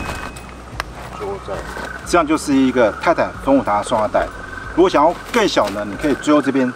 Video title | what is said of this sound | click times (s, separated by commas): 營火部落焚火台配件升級！超輕擋風板、一物多用防火墊 | 放上去，然后这个时候呢从这里往内折扣上去， | 0.8 s